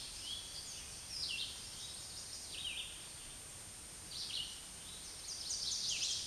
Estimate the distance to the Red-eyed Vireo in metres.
about 15 m